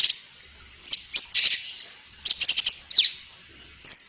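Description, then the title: Bird song in high, squeaky bursts of chattering and sharp chirps, each burst separated by brief pauses. Masteran song used to train songbirds. "Suara masteran Burung"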